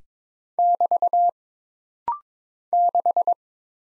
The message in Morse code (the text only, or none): <BT> 6